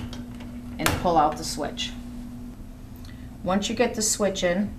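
A replacement heat power rocker switch for a USI ARL/CSL roll laminator is handled at the plastic panel bezel, where it will be pushed in until its retaining flanges catch. Someone talks over a steady low hum with a few light handling taps, and nothing has seated or clicked yet.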